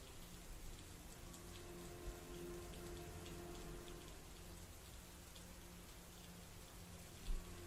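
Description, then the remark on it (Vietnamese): Steady rain pours down at night over muddy ground, a dense continuous hiss with scattered sharper drips and patters striking hard surfaces, under a faint low hum, with one louder splash near the end. “Cảm nhận được đôi chân dẫm trên bùn đất, nước mưa phả vào mặt đến không mở nổi, con mắt đã đỏ ngầu lên vì thù hận.”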